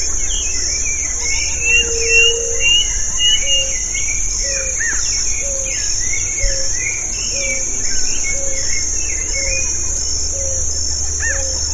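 Birds calling: overlapping varied chirps and whistles, with a short low note repeated about once a second, over a steady high insect drone and low rumble.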